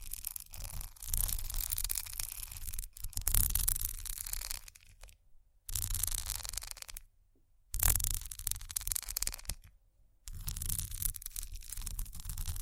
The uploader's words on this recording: ASMR Bumpy Textured Items Scratching（No Talking）.